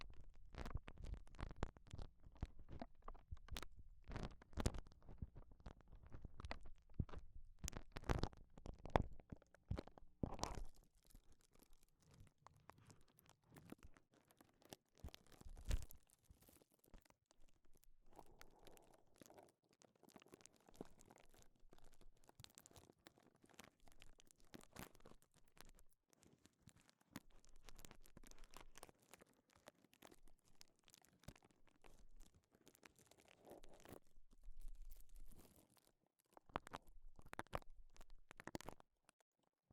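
Gloves rustle and crinkle in dense bursts of handling, sharp crisp snaps in the first ten seconds, then softer quieter rubbing with brief pauses.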